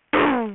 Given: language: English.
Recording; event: throat vibration sensor signal played as sound; throat clearing